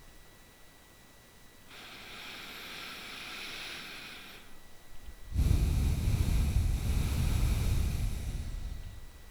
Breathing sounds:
nose breathing near a microphone
1.60-4.97 s: inhalation
4.97-8.73 s: exhalation
From the record:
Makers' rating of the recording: bad

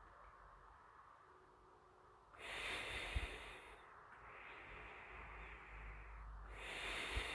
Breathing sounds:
nose breathing near a microphone
2.21-4.02 s: exhalation
4.02-6.32 s: inhalation
6.32-7.35 s: exhalation
From the record:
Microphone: phone

